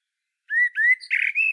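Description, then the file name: Common blackbird singing a quick run of rising fluted notes that breaks into a harsh, scratchy twitter and ends on a high whistle. "Turdus merula"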